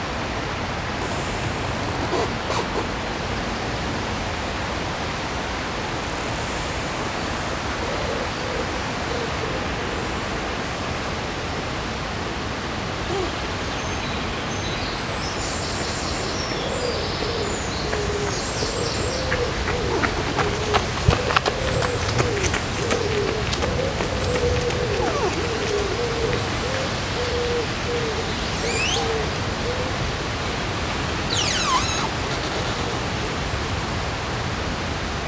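A river in Odense rushes steadily under a dense hiss, with faint voices, a low tonal hum midway, and brief clicks and bird-like chirps.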